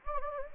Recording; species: mosquito wingbeat signal from an infrared sensor; Anopheles gambiae